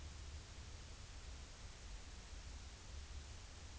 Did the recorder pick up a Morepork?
no